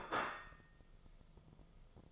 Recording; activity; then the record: daily activity, microphone in the room; place plate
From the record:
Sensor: 5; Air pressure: 995.3 hPa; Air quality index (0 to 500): 87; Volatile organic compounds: 4 ppm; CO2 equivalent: 1615 ppm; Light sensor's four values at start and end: 24/59/23/21 and 24/59/23/21